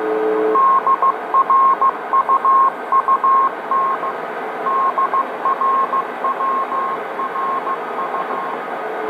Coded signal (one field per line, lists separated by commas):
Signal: Morse code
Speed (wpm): 16 wpm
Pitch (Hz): 1070 Hz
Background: radio noise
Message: DRUUT DRWRU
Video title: M8a Cuban Numbers Station 2